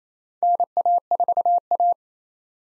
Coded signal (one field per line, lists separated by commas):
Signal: Morse code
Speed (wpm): 28 wpm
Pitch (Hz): 700 Hz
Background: none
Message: NA4A